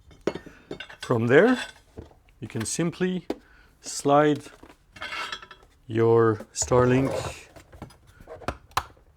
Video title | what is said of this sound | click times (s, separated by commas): Starlink Mount Installation | onto the main mount. And you could hear the clicks there. | 8.5 s, 8.8 s